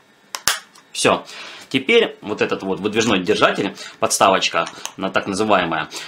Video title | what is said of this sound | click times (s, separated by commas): И новый рекорд 25 посылок с Aliexpress я адски распаковую 1,5 часа вместе с вами!!! | Вот, чтобы зафиксировать вот эту вот качельку, нужно нажать ее до щелчка, слушайте. | 0.5 s